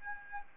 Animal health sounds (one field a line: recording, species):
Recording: mosquito wingbeat signal from an infrared sensor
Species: Aedes albopictus